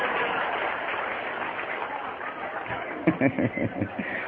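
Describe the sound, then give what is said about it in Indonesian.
An audience applauds with dense, steady clapping for about three seconds. The clapping then fades as a man starts talking over it. “Tepuk tangan untuk Indonesia.”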